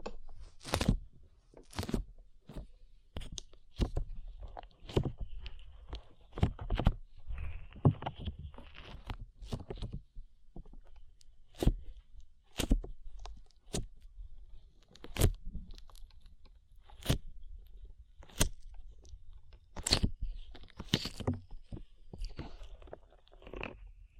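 Sticky slime being squeezed and pulled, with sharp wet pops and clicks that come every second or so, sometimes in quick bunches. Between the pops there are soft squelching smears and a faint high hiss, with a low rumble underneath throughout.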